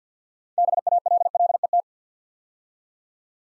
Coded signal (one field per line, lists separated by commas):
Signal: Morse code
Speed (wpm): 50 wpm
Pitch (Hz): 700 Hz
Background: none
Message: BALLET